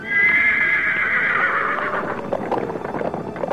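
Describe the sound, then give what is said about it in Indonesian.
A black horse lets out a long, high, wavering neigh that slowly falls in pitch, followed by a quick patter of hooves clip-clopping. No one speaks. “Anak-anakku, kuda hitam kembali membawa Tio terbang.”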